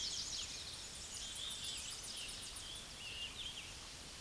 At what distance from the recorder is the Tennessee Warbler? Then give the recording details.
about 75 m. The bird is about 5 m above the microphone. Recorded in a Pennsylvania forest on 16 May 2024 at 08:39. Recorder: AudioMoth, point MSD-2429. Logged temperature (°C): 16.7 °C. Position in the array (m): 30 m, 100 m